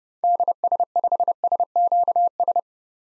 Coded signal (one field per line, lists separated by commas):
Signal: Morse code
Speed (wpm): 30 wpm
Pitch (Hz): 700 Hz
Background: none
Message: DS5SQS